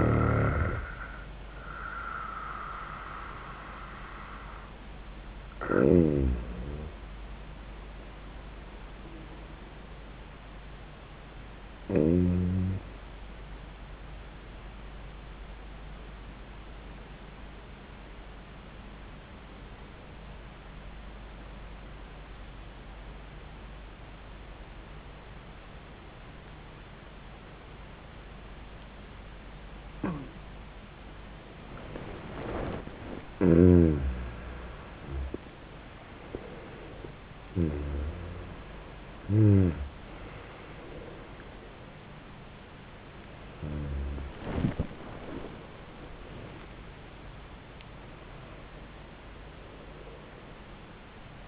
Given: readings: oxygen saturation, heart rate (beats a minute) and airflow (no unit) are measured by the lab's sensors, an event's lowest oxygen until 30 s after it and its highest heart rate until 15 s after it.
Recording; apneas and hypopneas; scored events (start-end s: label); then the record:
breathing in sleep by a voice recorder at the bedside; 1
19.00-34.80 s: obstructive apnea (N1, oxygen 97% highest, then 86% lowest, heart rate 83 at the start, 91 highest)
From the record:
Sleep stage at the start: N1 (lightest sleep); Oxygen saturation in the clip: 87 to 97%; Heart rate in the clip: 76 to 91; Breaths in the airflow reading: 6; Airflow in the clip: -25.5 to 20.5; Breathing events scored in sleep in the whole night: 400 in 8.7 hours asleep